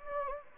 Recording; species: mosquito wingbeat signal from an infrared sensor; Anopheles gambiae